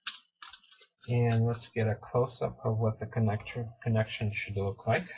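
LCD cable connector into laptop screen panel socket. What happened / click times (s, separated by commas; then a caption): The display connector clicked into its socket / 0.1 s, 0.4 s. An LCD cable connector is slid into the screen panel socket of an ASUS K53 laptop, and two sharp clicks are heard at 0.1 s and 0.4 s as it seats, followed by a few fainter ticks. Someone then talks for the rest of the clip. The connector is seated, clicking in twice.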